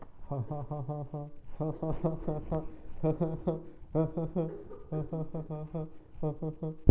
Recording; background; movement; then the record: laughter; a bystander coughing; sitting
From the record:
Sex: male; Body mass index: 23.7 kg/m2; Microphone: on the chest, facing the body